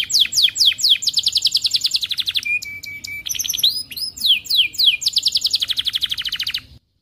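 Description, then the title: Atlantic canary song: fast high rolling trills, sweeping whistled slurs and a steady pure tone near the middle, tours changing every second or two, bright until it stops near the end. Canary from the Indonesian songbird hobby, described as 'gacor' (singing vigorously) with top 'cengkok' phrasing and very rich 'isian' fill-in phrases. "Kenari Gacor Cengkok Terbaik Isian Paling Mewah Kenarigacor Kicaumania Kenari"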